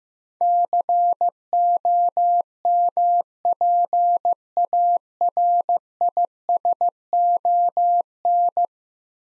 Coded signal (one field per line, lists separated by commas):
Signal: Morse code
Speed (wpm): 15 wpm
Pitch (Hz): 700 Hz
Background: none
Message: COMPARISON